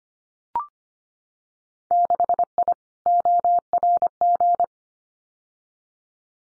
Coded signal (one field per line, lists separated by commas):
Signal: Morse code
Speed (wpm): 25 wpm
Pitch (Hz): 700 Hz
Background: none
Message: 6I ORG